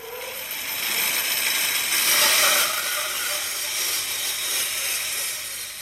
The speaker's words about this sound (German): Ich glaube, du musst dir noch eine zweite Säge kaufen, damit du genug Lärm machen kannst.